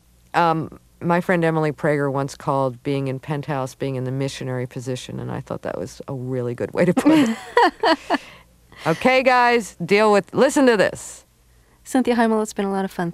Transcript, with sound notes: my friend Emily Prager once called being in Penthouse being in the missionary position. And I thought that was a really good way to put it.
(LAUGHTER)
OK, guys, deal with - listen to this.
Cynthia Heimel, it's been a lot of fun.